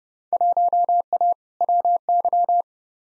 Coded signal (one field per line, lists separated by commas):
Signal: Morse code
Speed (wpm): 30 wpm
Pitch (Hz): 700 Hz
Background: none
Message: 1A WY